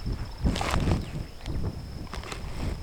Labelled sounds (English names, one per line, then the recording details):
Superb Starling flight call
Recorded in Kenya